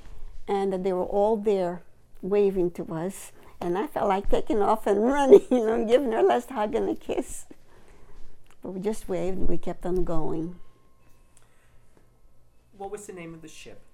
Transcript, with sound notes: And they were all there waving to us, and I felt like taking off and running and giving her a last hug and a kiss. (laughing) But we just waved and we kept on going.
What was the name of the ship?